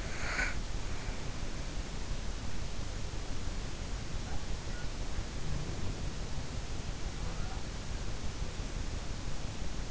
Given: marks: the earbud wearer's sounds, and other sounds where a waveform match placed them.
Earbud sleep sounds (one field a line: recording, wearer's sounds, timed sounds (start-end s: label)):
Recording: sounds in sleep by an in-ear microphone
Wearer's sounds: snoring breath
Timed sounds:
0.00-1.20 s: snoring breath